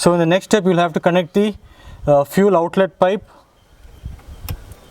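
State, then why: Seated. The fuel outlet hose's quick-connect fitting is pushed onto the diesel fuel filter housing of a 4th-generation Hyundai Accent / Verna during a fuel filter replacement. Someone talks for the first three seconds, then after a quiet pause one sharp click is heard at 4.5 s as the connector seats.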